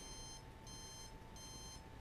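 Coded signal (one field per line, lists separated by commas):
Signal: beep code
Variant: Align ESC setup mode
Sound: three long high-pitched beeps, evenly spaced, over a faint steady hum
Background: steady low hum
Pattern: 3 long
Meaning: Three long beeps confirm normal motor direction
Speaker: beat up for normal motor direction and that's going to meet three long beeps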